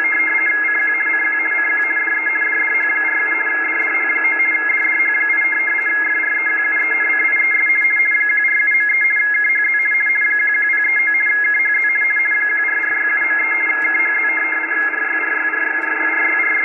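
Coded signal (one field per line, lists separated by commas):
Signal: RTTY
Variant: DDH8 weather broadcast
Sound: steady rapid warbling between two close high tones, continuous throughout, over band hiss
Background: radio static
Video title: Rtty DDH8 11 037 10 Usb on Icom 7300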